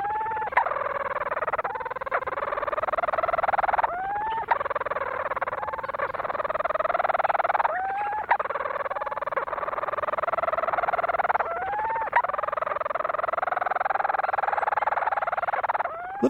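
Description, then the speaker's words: Petrel duet of long rapid purring churrs with brief upslurred breaks every few seconds, the purring running almost without pause. Two North Atlantic seabirds calling to each other in a duet on Kent Island in the Bay of Fundy. "Lang Elliott recorded these two seabirds of the North Atlantic as they called to each other on Kent Island in the Bay of Fundy."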